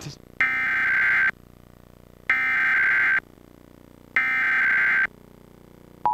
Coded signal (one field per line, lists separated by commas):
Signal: Emergency Alert System (SAME) tones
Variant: header bursts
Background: speech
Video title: Required Monthly Test on WYFF4 (EAS #549)